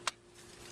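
The plastic retaining clip of the electric (conductor) pack for a Mercedes-Benz NAG1 automatic transmission is pressed into the valve body during fitting. A single sharp, bright snap sounds at 0.1 s over a faint steady hum. The clip snaps in and is seated.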